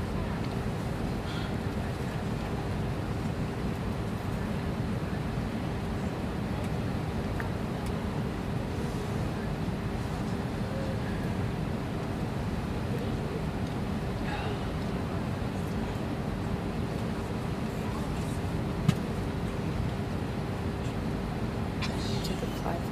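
Steady low roar of an airplane cabin in flight with a constant hum tone, faint murmurs and a brief click near nineteen seconds.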